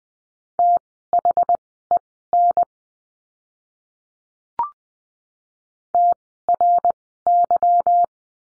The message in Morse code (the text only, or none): THEN TRY